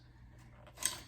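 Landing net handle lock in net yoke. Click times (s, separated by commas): 0.9 s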